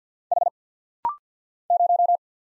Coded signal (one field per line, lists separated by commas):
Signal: Morse code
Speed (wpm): 50 wpm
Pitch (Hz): 700 Hz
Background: none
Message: H 0